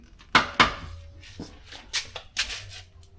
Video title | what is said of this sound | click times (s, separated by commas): Aussie Mini Clubman GT Rebuild - Episode 6 Rear Subframe | for the right tension so it's got about two clicks before this locks up we'll give it a quick go | 0.4 s, 0.6 s